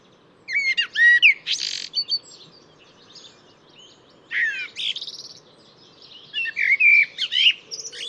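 Bird singing scattered bursts of chirps, buzzy notes and bright whistles, irregularly spaced, with a low steady hum behind.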